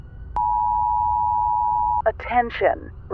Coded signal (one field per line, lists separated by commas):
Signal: Emergency Alert System (SAME) tones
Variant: 853 and 960 Hz attention tone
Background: speech